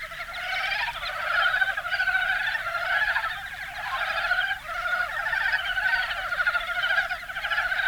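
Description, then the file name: Korean brown frog giving continuous rattling, pulsed croaks, steady overall with a brief dip midway before building again. "Rana Uenoi Is Calling"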